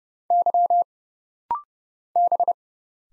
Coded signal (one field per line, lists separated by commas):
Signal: Morse code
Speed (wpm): 31 wpm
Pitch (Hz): 700 Hz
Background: none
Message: Y B